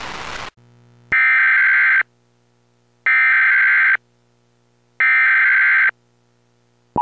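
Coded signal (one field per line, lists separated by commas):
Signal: Emergency Alert System (SAME) tones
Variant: header bursts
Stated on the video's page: A fictional depiction of a major national emergency alert.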